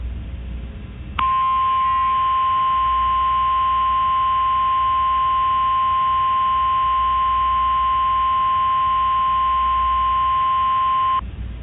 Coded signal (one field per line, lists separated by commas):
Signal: Emergency Alert System (SAME) tones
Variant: 1050 Hz attention tone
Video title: Eas snow squall warning 7/1/2021